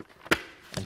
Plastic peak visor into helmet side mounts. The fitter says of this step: press and then this locks into place so